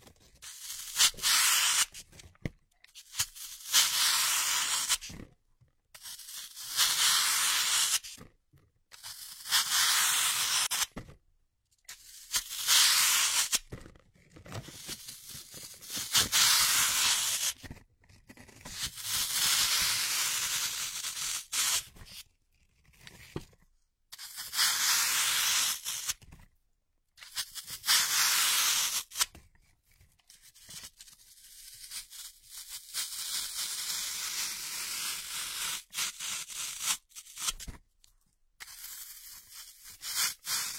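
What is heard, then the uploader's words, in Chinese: Ear picking: bursts of dry, hissy scratching and rubbing, each lasting one to three seconds, broken by short silences. About a dozen strokes come at an uneven pace. After about thirty seconds the scraping turns softer and more broken up. 姐姐抠耳朵催眠8（声控助眠）。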